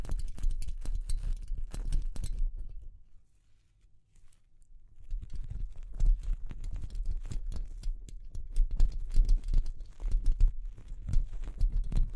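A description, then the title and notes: Delicate tapping comes in quick, dense, irregular clusters of light clicks with a soft low thud under them. Around three to five seconds the tapping stops and it goes nearly silent, then it resumes and grows busier and slightly louder toward the end. ASMR Delicate Tapping (No Talking).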